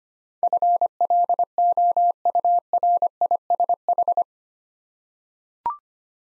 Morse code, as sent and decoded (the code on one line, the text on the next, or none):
..-. .-.. --- ..- .-. .. ... ....
FLOURISH